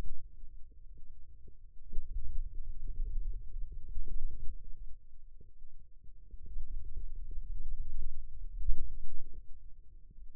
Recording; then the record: forearm muscle sounds (acoustic myography)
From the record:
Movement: hand opening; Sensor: system 2, bracelet of six BSWA MPA416 microphones around the upper forearm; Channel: 2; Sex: male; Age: 22 years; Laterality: right